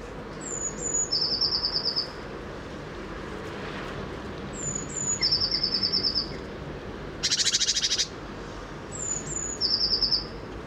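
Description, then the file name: Eurasian blue tit song: two thin, high, falling notes followed by a fast, ringing trill, repeated about every four seconds, with a harsh buzzy chatter between phrases over steady background hiss. "Cyanistes caeruleus"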